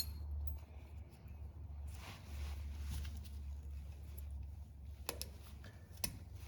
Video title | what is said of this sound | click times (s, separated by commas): Honda CRV Front Brake Service | And then these should just snap into place. | 5.1 s, 5.2 s, 6.0 s